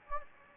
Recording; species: mosquito wingbeat signal from an infrared sensor; Anopheles gambiae